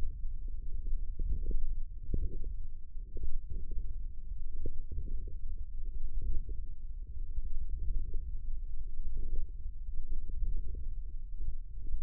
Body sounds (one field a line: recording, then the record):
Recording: forearm muscle sounds (acoustic myography)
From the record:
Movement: wrist flexion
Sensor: system 1, eight BSWA MPA416 microphones around the upper forearm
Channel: 6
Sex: female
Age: 22 years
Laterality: right